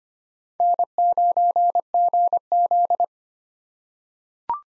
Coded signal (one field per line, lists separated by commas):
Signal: Morse code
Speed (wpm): 25 wpm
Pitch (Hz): 700 Hz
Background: none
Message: N9GZ